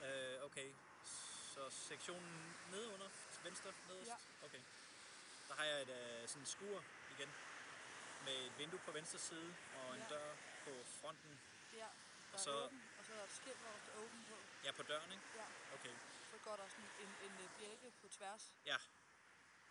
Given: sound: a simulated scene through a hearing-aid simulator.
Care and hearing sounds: conversation; traffic; +4 dB SNR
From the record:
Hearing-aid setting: standard clinical setting (NAL); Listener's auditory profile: D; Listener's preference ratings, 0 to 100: 69, 72, 76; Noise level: 75 dB SPL

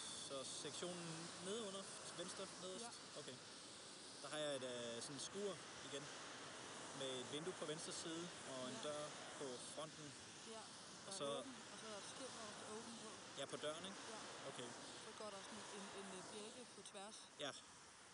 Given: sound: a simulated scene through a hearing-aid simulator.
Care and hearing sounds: conversation; traffic; +4 dB SNR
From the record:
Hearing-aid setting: II (fast-acting compression, audibility-based gain, advanced features for about 2.5 dB of SNR improvement); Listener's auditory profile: D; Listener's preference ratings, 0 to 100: 76, 71, 78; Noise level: 75 dB SPL

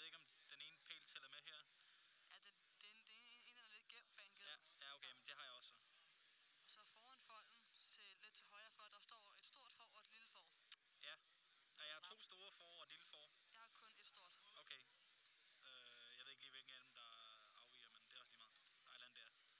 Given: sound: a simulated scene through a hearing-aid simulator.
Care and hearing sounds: conversation; quiet; 55 dB SPL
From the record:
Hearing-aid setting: I (fast-acting compression, audibility-based gain); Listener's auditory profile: B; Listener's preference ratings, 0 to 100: 44, 60, 63

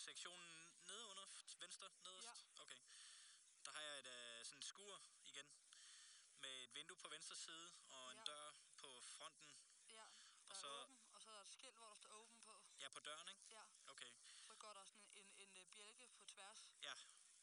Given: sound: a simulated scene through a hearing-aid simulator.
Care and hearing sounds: conversation; quiet; 65 dB SPL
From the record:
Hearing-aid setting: II (fast-acting compression, audibility-based gain, advanced features for about 2.5 dB of SNR improvement); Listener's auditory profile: C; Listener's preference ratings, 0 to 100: 64, 88, 98

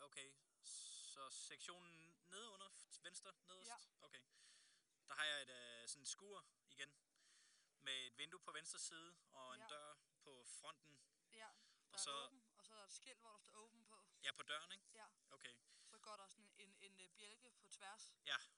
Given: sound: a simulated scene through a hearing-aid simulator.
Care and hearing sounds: conversation; quiet; 65 dB SPL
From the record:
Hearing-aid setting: standard clinical setting (NAL); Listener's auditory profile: C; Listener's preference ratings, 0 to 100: 63, 62, 79

